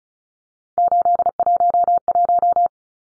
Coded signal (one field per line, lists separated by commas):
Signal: Morse code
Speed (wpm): 34 wpm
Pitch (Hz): 700 Hz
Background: none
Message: 811